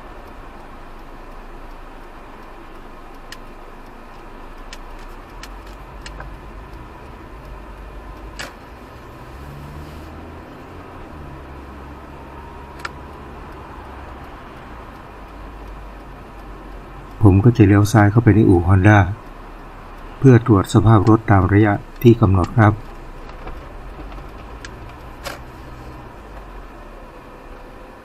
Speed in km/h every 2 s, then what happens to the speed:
6, 4, 6, 12, 20, 27, 32, 30, 27, 22, 14, 10, 13, 9.
4-12 speeds up to 32. 12-21 slows to 10.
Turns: 2-10, 19-23.